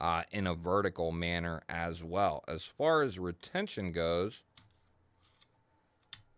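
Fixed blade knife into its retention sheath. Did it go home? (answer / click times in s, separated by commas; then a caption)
yes / 6.1 s. Someone talks for the first four and a half seconds, then a fixed-blade knife is pushed into its molded retention sheath. It snaps into the retention with a sharp click at 6.1 seconds, and the knife is seated.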